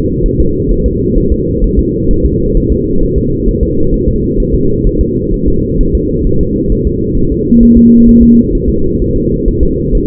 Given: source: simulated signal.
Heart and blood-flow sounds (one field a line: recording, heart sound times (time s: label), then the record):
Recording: fetal heart sounds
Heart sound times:
0.26 s: S1
0.40 s: S2
0.71 s: S1
0.86 s: S2
1.18 s: S1
1.32 s: S2
1.64 s: S1
1.79 s: S2
2.11 s: S1
2.25 s: S2
2.57 s: S1
2.72 s: S2
3.03 s: S1
3.18 s: S2
3.48 s: S1
3.63 s: S2
3.94 s: S1
4.08 s: S2
4.40 s: S1
4.55 s: S2
4.87 s: S1
5.01 s: S2
5.34 s: S1
5.48 s: S2
5.81 s: S1
5.95 s: S2
6.27 s: S1
6.41 s: S2
6.72 s: S1
6.87 s: S2
7.18 s: S1
7.32 s: S2
7.63 s: S1
7.77 s: S2
8.09 s: S1
8.23 s: S2
8.55 s: S1
8.70 s: S2
9.02 s: S1
9.16 s: S2
9.48 s: S1
9.63 s: S2
9.95 s: S1
From the record:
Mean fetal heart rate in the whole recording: 130 bpm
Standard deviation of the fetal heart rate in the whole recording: 4 bpm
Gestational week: 38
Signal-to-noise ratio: -16.4 dB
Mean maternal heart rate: 72 bpm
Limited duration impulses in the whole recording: present